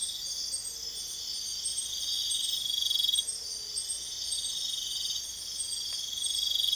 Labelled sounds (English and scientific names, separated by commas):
none